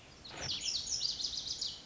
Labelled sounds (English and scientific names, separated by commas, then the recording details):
Lazuli Bunting (Passerina amoena)
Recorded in Sonoma County, California